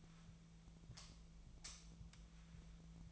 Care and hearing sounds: daily activity, microphone in the room; light off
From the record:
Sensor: 1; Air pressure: 1009.8 hPa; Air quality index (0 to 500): 190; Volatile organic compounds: 18 ppm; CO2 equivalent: 2602 ppm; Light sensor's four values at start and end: 46/131/54/61 and 34/87/36/44

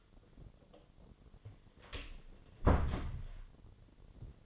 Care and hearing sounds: daily activity, microphone in the room; close door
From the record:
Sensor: 4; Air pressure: 1008.2 hPa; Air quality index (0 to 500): 182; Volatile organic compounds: 5 ppm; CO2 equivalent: 1830 ppm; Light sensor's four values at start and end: 23/72/27/26 and 24/75/28/28

